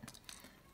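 The plastic twist-lock pump head on a hand wash bottle is twisted to the right from the locked position. Two short, sharp detent clicks are heard at 0.1 and 0.3 seconds. The pump head ends in the open position.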